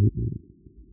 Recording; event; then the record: neck accelerometer signal played as sound; no cough (speech, laughter, throat clearing or background)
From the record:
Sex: male